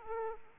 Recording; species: mosquito wingbeat signal from an infrared sensor; Aedes aegypti